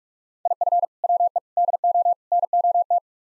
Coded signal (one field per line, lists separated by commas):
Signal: Morse code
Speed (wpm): 46 wpm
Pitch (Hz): 700 Hz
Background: none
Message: IF WE DO NOT